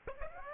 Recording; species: mosquito wingbeat signal from an infrared sensor; Aedes aegypti